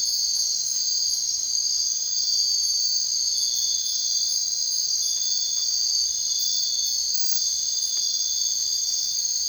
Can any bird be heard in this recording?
no